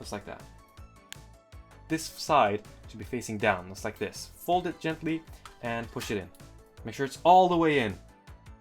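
A ribbon cable is handled with tweezers at a board socket in a New 3DS XL top-screen repair, as someone talks over background music and small taps and ticks sound. Nothing has seated or clicked yet; the cable has not gone home in its socket and the connector latch is not yet folded shut.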